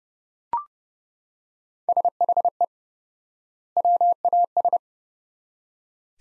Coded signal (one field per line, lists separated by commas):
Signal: Morse code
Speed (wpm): 29 wpm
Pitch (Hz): 700 Hz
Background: none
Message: SHE WAS